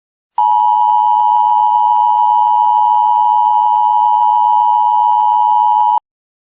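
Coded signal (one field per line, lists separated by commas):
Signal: Emergency Alert System (SAME) tones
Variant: 853 and 960 Hz attention tone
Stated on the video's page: Fictional EAS scenario, a simulated alert.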